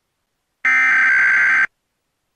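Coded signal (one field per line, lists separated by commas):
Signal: Emergency Alert System (SAME) tones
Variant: header bursts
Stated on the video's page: Mock EAS with valid tones: Required Weekly Test, then Required Monthly Test, then National Periodic Test; simulated.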